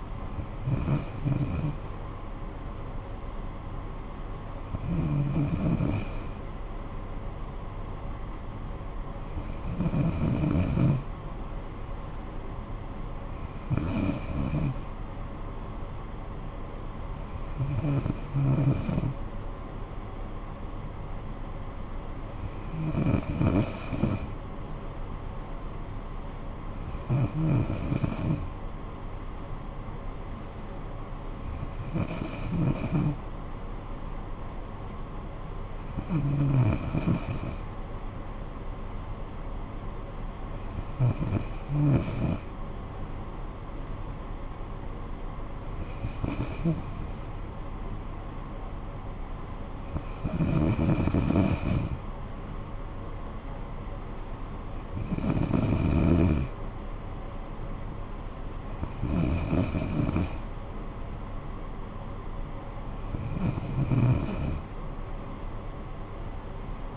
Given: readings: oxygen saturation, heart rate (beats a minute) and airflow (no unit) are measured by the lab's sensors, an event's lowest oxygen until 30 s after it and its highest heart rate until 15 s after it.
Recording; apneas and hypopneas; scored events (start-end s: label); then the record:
breathing in sleep by a smartphone at the bedside; none
none scored
From the record:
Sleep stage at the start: N2 (light sleep); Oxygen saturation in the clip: 93 to 94%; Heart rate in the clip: 55 to 63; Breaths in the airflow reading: 15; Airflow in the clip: -9.6 to 6.4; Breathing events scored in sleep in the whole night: 445 in 7.6 hours asleep